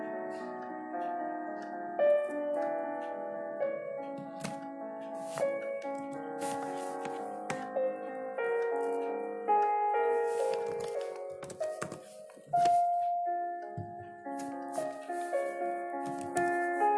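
Soft music with sustained, shifting tones plays throughout, while brief clicks and ticks, likely pencil and clock, scatter irregularly across it.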